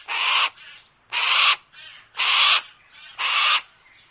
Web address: harriss hawk